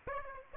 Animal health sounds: mosquito wingbeat signal from an infrared sensor; Aedes aegypti

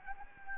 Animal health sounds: mosquito wingbeat signal from an infrared sensor; Anopheles gambiae

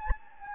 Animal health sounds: mosquito wingbeat signal from an infrared sensor; Anopheles gambiae

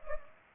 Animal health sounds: mosquito wingbeat signal from an infrared sensor; Culex pipiens

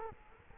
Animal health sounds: mosquito wingbeat signal from an infrared sensor; Culex quinquefasciatus

